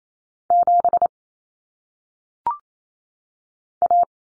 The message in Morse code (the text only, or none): 7 A